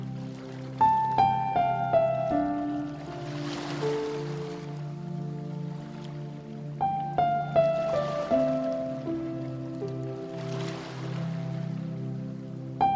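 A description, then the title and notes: Slow piano plays short descending phrases over sustained low chords, each note ringing out and fading. Soft ocean waves wash in and recede behind it, swelling roughly every three to four seconds as the piano pauses between phrases. The soft sound of the waves lapping against the shore. Relaxing piano music and gentle ocean waves.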